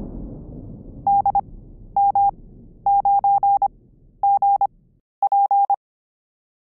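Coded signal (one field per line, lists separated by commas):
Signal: Morse code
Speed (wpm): 25 wpm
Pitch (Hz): 800 Hz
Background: none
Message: DM9GP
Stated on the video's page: Morse heard in ISS crossband repeater reception on 437.800 MHz, compared between eggbeater and turnstile 70cm antennas.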